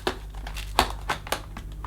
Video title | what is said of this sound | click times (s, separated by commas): Shark Apex UpLight Corded Stick Vacuum Cleaner HZ400UKT Unboxing & First Look | The hose should just click back in place. Hang on, that way around. | none